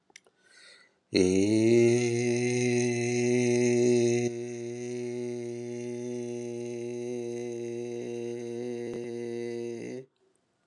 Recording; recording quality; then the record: sustained vowel as in made; excellent, no background noise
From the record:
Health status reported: healthy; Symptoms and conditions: diabetes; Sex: male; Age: 45 years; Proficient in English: yes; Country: India